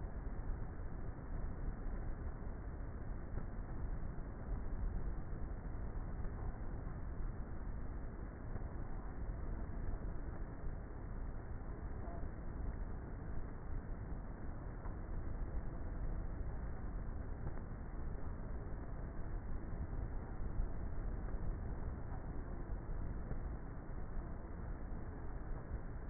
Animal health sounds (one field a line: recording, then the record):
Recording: honeybee colony, microphone inside the hive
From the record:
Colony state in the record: queenless with a low population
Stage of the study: before two queens were removed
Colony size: about 30,000 bees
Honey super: no